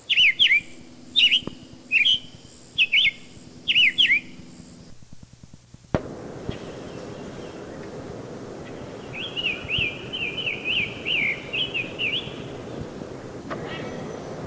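Summer Tanager: several sharp, harmonic-rich notes in quick succession, then after a break a faint run of rising-and-falling whistled phrases over steady background hiss.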